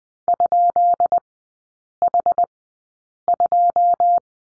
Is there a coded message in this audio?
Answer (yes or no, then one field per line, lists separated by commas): yes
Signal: Morse code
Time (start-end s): 0.3-4.2 s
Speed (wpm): 20 wpm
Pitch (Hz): 700 Hz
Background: none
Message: ?H2